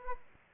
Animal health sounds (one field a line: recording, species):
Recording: mosquito wingbeat signal from an infrared sensor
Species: Aedes aegypti